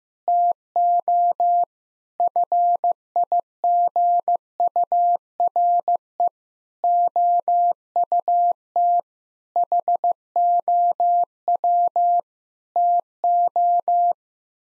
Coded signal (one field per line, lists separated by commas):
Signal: Morse code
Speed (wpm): 15 wpm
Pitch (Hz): 700 Hz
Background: none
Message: TO FIGURE OUT HOW TO